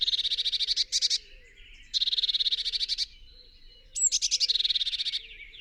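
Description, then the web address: Eurasian blue tit giving harsh rattling churrs, several bursts of rapid pulses, the last opening with a brief high note. "SETE Cyanistes caeruleus"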